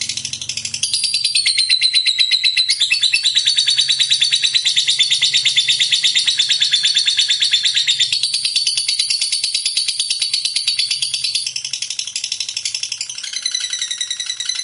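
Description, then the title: Lovebird chattering song, a fast unbroken stream of high twittering notes with brief whistled strands, steady throughout and fading slightly near the end. Lovebird described as 'fighter' and 'gacor'. "Berkat SUARA Lovebird FIGHTER GACOR Ini"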